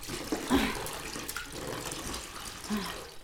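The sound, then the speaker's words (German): Hot water is poured into a bathtub for a second bath, with a broad, steady splashing rush that swells in brief surges, mostly alone, with a faint voice sound near the end. “Hier ist heißes Wasser für das zweite Bad.”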